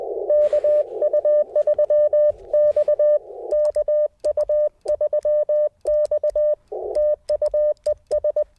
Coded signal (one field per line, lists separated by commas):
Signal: Morse code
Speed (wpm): 20 wpm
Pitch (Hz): 590 Hz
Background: none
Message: KU3X KU3X TU ES